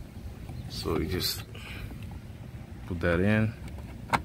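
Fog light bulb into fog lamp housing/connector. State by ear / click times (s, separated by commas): not seated / none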